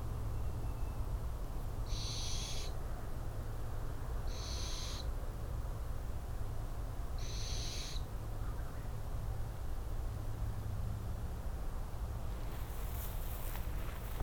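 Barn owl uttering three rasping, breathy screeches spaced roughly two and a half seconds apart, with a constant deep background hum and a brief crackle near the end.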